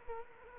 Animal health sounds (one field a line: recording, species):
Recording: mosquito wingbeat signal from an infrared sensor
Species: Culex quinquefasciatus